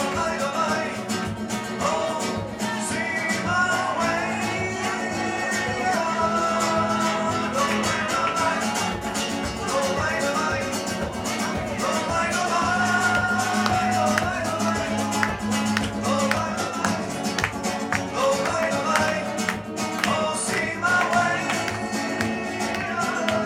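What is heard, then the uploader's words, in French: Two musicians play live in a small Spanish restaurant, the music filling the room steadily from start to finish with held melodic lines over a warm low bed. Quick percussive taps and strums recur throughout, with faint diner chatter underneath. L'ambiance d'un restaurant espagnol… à Londres ! Un petit restaurant espagnol à proximité du métro Fulham Broadway, en plein Londres… Une soirée amicale, et deux très bons musiciens. Le Nagra Ares M2 posé sur la table et toute l’ambiance est là.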